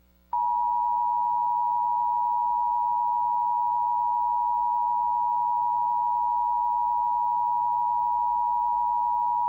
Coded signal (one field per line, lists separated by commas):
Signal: Emergency Alert System (SAME) tones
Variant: 853 and 960 Hz attention tone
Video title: (Credit to Everyone) Emergency Alert System Hour #3 - Civil Emergency Message In Mars - 8/5/2020